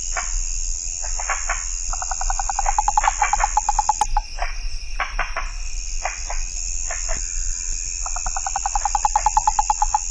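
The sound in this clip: Rana psaltes frog giving two rapid pulsed trills several seconds apart, with a constant shrill insect hum and occasional sharp ticks in the background.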